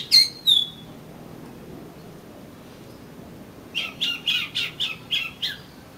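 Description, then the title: Oriental magpie-robin: two sharp down-slurred whistles, a silence, then seven rapid harsh chattering notes in a steady series. "Kacer Kacer"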